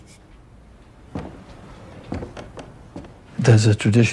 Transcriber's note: soundbite of footsteps